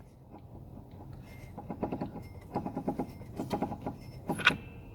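A metal timing pin, pushed a little way into the timing hole on the engine block of a diesel Giulietta that won't start, rides against the crankshaft while the engine is rotated by hand, producing a series of soft knocks and rattles. At 4.5 s the pin drops into the crankshaft locating slot with a sharp metallic click, seating it.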